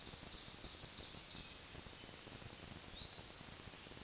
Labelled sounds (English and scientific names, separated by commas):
Black-throated Green Warbler (Setophaga virens) song